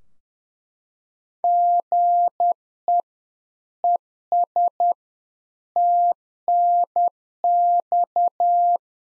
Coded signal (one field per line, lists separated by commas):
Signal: Morse code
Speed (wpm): 10 wpm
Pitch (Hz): 700 Hz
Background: none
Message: GE ES TNX